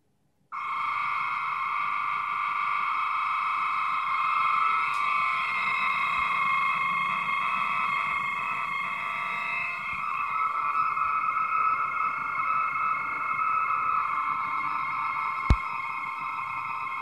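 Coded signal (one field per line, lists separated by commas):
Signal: computer data on cassette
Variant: AFSK, 250 baud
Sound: continuous buzzy warbling tone around 1.2 kHz with harmonics, steady for 16 seconds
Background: tape hiss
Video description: A 617 byte 8-bit ASCII file is recorded and retrieved from an old audio reel to reel tape using AFSK modulation with a 1250 Hz carrier and 250 bits per second speed.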